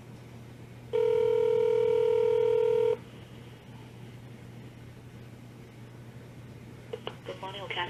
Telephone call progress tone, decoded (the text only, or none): ringback tone